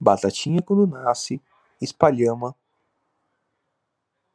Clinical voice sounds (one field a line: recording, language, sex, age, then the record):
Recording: short text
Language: Brazilian Portuguese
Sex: male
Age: 30 to 39 years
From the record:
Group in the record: control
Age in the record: 33 years